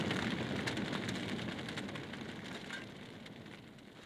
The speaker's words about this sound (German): Feuer, Feuer, das Theater brennt.